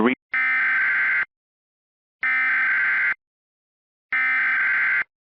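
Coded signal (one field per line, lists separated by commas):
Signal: Emergency Alert System (SAME) tones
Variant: header bursts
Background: speech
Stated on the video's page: Fictional EAS scenario about the USA's self-demise, inspired by another scenario.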